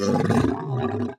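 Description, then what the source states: Lion giving a single rough, throaty moan just over a second long, harsh and low, ending abruptly. Guttural moan.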